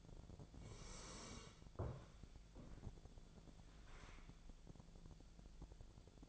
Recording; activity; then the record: daily activity, microphone in the room; sit down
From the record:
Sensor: 5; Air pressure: 1000.5 hPa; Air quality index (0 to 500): 145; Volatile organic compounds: 2 ppm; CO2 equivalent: 1124 ppm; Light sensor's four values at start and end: 49/114/48/51 and 49/114/47/51